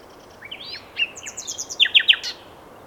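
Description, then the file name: Common nightingale phrase of quick sliding whistles building into a loud burst of sharp, rapidly repeated notes. "Luscinia megarhynchos"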